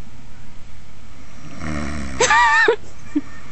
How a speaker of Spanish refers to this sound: Jefe, no ronque, estamos en directo, estamos en el aire.